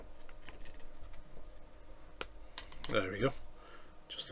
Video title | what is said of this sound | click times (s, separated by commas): IXO Citroen C4 WRC build Stages 65 to 70 | Zo. Gewoon vastklikken. Uitstekend. | 2.2 s